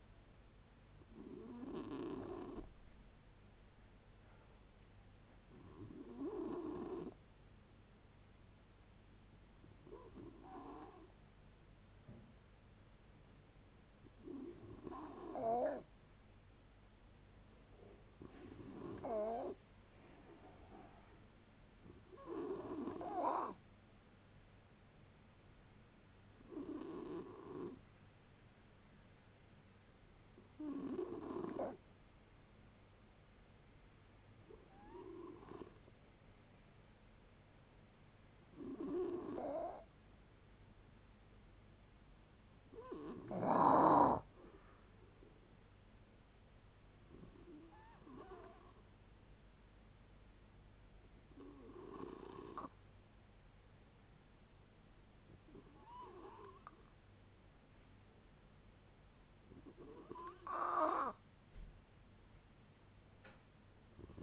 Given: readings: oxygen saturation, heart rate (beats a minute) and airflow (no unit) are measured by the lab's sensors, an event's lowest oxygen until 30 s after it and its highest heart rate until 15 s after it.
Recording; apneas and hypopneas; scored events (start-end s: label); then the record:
a person awake in a sleep study, by a voice recorder at the bedside; none
0.00-64.23 s: awake
0.00-64.23 s: awake
From the record:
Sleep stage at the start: awake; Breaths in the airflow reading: 21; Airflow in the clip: -0.7 to 0.6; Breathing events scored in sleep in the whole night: 496 in 5.4 hours asleep